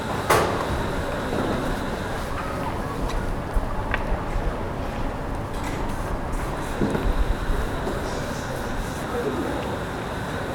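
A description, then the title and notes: Early-morning High Street market setup: a steady low street rumble with scattered voices, brief clatters near the start and around seven seconds. Captured early in the morning as a High Street market is being set up. It is a cool morning, the ground is wet. People are beginning to enter the centre of the city, going to jobs and cafes.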